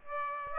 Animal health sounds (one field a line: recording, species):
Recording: mosquito wingbeat signal from an infrared sensor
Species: Aedes aegypti